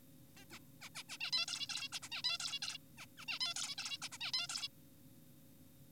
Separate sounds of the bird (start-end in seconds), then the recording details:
0.37-0.45, 0.51-0.59, 0.82-0.90, 0.95-1.03, 1.09-1.18, 1.21-1.31, 1.33-1.46, 1.48-1.67, 1.70-1.88, 1.92-1.99, 2.03-2.09, 2.12-2.22, 2.24-2.38, 2.40-2.59, 2.62-2.78, 2.98-3.06, 3.18-3.26, 3.28-3.39, 3.41-3.54, 3.56-3.76, 3.78-3.98, 4.02-4.09, 4.12-4.18, 4.21-4.32, 4.34-4.47, 4.50-4.68. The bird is an adult. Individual g4p5U